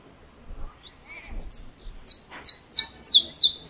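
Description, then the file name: Saffron finch song begins after a brief quiet spell: high, sharp downslurred chirps that quicken into paired notes at the end. "Canto-do-Canário-da-Terra"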